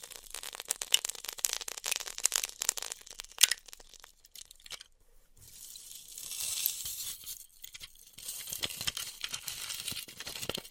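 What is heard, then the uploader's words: Styrofoam being cut with a heated wire, heard as dense, bright crackling and snapping for the first few seconds. After a brief lull near the middle, a smoother high hiss swells for about two seconds, then sparse crackles and ticks return toward the end. ASMR Styrofoam Heat Cutting (No Talking).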